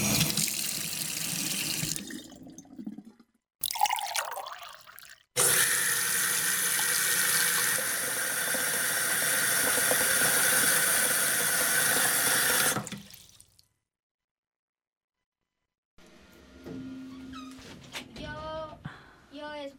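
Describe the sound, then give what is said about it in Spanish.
Tap water runs into a sink while dishes are washed: a couple of short splashy bursts, then a loud, steady rush for several seconds that cuts off, followed by silence and a voice speaking. “Yo escuché que tal vez estaba lavando los platos, estaba cocinando huevos o estaba haciendo otra cosa.”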